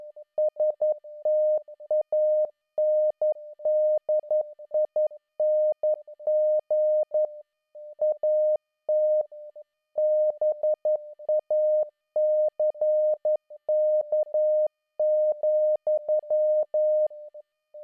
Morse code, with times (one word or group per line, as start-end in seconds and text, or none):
0.4-7.3 STANDING
8.0-9.2 AT
10.0-17.1 BACK,